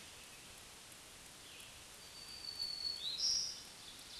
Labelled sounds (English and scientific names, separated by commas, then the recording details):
Black-throated Green Warbler (Setophaga virens) song
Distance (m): 10 m
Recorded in a Pennsylvania forest on 1 June 2023 at 07:58
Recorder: AudioMoth, point grid3_24_low
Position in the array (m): 132 m, 266 m